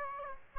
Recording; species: mosquito wingbeat signal from an infrared sensor; Aedes aegypti